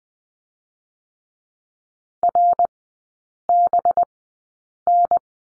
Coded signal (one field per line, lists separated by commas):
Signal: Morse code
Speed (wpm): 20 wpm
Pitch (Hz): 700 Hz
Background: none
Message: RBN